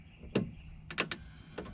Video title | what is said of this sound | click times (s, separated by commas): How to repair & replace a Headlight Pigtail Headlight Connector Replacement - Low Beam - H11 | and plug it up, and you'll hear a little snap | 0.4 s